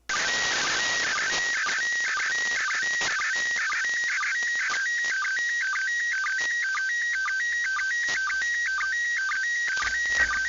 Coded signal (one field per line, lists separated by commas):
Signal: SSTV (slow-scan television)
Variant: PD 120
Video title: Live Shortwave radio stream Saturday July 19th 2025